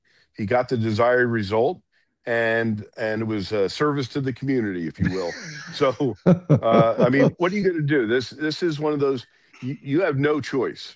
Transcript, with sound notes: he got the desired result, and, and it was a service to the community, if you will.
(laughs)
So, uh, I mean, what are you gonna do? This, this is one of those, y- you have no choice.